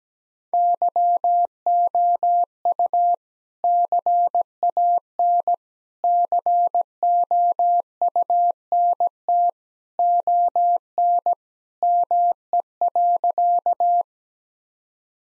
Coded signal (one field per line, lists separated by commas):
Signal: Morse code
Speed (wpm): 17 wpm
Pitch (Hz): 700 Hz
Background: none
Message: YOU CAN COUNT ON ME.